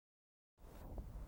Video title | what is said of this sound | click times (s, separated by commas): Upgrading Hardware on HP PCs - From the Desktop with Kevin & Randy - HP Computers - HP | the top edge, and then just push straight down, and you hear it snap into place. And there's two armatures, one on either side, that kind of comes in. That's the snap sound is. | 1.0 s